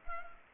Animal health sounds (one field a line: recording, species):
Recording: mosquito wingbeat signal from an infrared sensor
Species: Culex pipiens